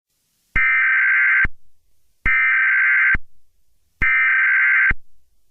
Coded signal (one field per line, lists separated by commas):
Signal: Emergency Alert System (SAME) tones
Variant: header bursts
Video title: Black Hole: A Remastered EAS Scenario